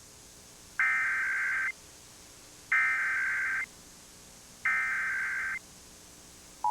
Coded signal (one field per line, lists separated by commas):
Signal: Emergency Alert System (SAME) tones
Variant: header bursts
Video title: WMPB / Comcast Emergency Alert System - Maryland Required Monthly Test (August 31, 2022)